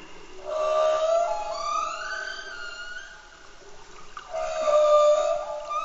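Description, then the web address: Humpback whale song: a drawn-out, wavering tonal cry rich in overtones, a quieter low stretch, then the wavering cry again. Recorded in Antarctica. "Antarctia Bultrug Humpback Whale Song"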